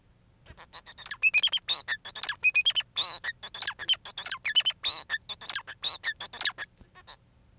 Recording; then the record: song of a male Bengalese finch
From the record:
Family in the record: son of father 4